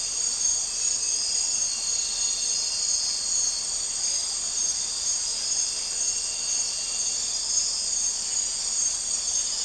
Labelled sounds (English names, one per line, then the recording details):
none
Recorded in dense forest near Puerto Asís, Putumayo, Colombia, on 4 March 2025 at 02:00
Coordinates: 0.467, -76.328
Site G041